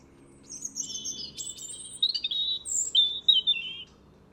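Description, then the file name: European robin song: thin, drawn-out high whistles mixed with fast warbling twitters and sliding notes, steady and fluid. "Erithacus rubecula"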